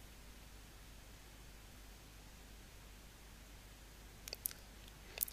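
The folded paper base of a hexagonal box is pushed until its twist-fold collapses and snaps into place. After about four seconds of near silence, a few faint crisp paper clicks arrive, the strongest at 4.5 and 5.2 seconds. The twist-fold ends up seated.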